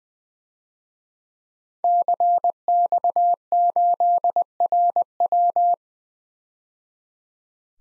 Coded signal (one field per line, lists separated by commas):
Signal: Morse code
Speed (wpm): 20 wpm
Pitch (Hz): 700 Hz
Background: none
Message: CX8RW